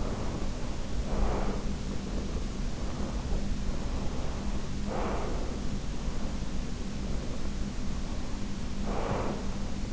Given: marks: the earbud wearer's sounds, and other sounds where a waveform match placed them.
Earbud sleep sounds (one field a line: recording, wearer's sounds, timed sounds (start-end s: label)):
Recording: sounds in sleep by an in-ear microphone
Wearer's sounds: breath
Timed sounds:
0.00-2.00 s: breath
3.38-5.84 s: breath
7.85-9.69 s: breath